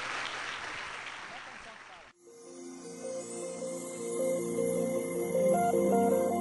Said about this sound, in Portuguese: Vamos aplaudir o nosso Deus bem forte?